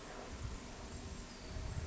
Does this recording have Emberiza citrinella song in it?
no